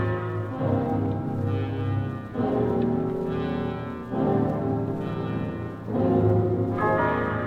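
A church bell tolls in a slow, steady rhythm, four loud strikes roughly two seconds apart, each leaving a rich, humming resonance that carries into the next.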